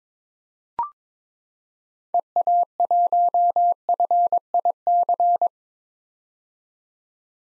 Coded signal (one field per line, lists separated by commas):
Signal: Morse code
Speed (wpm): 21 wpm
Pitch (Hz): 700 Hz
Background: none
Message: EA1FIC